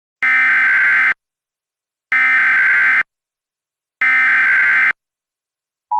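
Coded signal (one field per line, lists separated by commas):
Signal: Emergency Alert System (SAME) tones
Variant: header bursts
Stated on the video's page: Reenactment mock of a real tornado warning, simulated with valid EAS tones.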